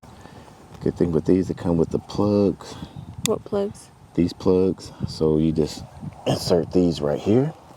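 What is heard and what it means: A plastic plug is being handled for pressing into 1/4 inch drip irrigation tubing, while two people talk back and forth over faint outdoor background noise. Nothing has seated or snapped in yet.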